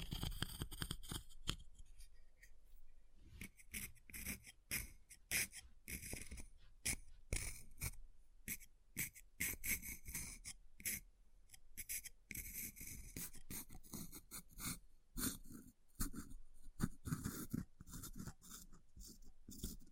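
Tapping, scratching and carving on ice, with a dense run of sharp clicks and scrapes that rarely pause for long. Bright, crisp ticks recur several times a second, often in quick bursts, over a low rough scraping that comes and goes throughout.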